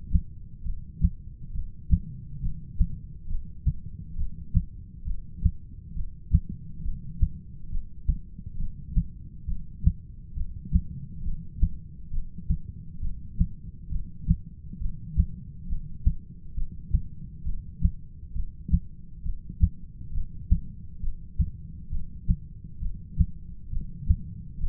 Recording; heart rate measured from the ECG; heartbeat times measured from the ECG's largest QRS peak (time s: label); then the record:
heart sounds by stethoscope; 68 bpm
0.65 s: heartbeat
1.54 s: heartbeat
2.42 s: heartbeat
3.29 s: heartbeat
4.17 s: heartbeat
5.06 s: heartbeat
5.95 s: heartbeat
6.84 s: heartbeat
7.71 s: heartbeat
8.58 s: heartbeat
9.47 s: heartbeat
10.36 s: heartbeat
11.24 s: heartbeat
12.12 s: heartbeat
13.01 s: heartbeat
13.90 s: heartbeat
14.80 s: heartbeat
15.68 s: heartbeat
16.56 s: heartbeat
17.45 s: heartbeat
18.34 s: heartbeat
19.24 s: heartbeat
20.13 s: heartbeat
21.02 s: heartbeat
21.91 s: heartbeat
22.81 s: heartbeat
23.71 s: heartbeat
24.59 s: heartbeat
From the record:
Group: heart failure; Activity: rest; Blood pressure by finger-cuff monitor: 114/80 mmHg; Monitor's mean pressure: 94 mmHg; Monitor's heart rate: 67 bpm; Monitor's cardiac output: 6.8 L/min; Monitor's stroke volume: 101 mL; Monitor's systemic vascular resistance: 1010 dyn s/cm5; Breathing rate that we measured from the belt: 14 breaths a minute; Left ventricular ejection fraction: 25%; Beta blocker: metoprolol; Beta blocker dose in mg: 62.5 twice daily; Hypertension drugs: ramipril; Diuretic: furosemide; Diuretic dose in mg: 40 twice daily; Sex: male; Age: 57 years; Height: 180 cm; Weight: 90.5 kg